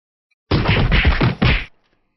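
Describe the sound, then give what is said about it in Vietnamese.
A rapid flurry of heavy punching impacts as a four-armed giant ape pounds a blood-red giant above the sea, roughly four loud, booming thwacks blurring together over about a second, then abrupt silence. No voices. “Tiếng va đập liên hồi không ngừng vang lên, toàn bộ nước biển trên mặt biển cộng hưởng với tiếng vang, chấn động không ngừng.”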